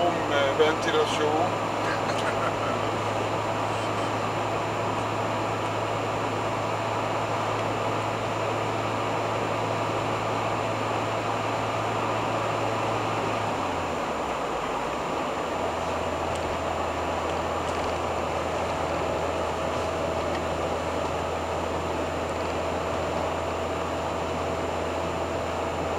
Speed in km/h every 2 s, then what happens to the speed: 75, 76, 76, 77, 77, 77, 77, 75, 75, 74, 74, 74, 75.
0-26 steady at about 75.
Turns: none.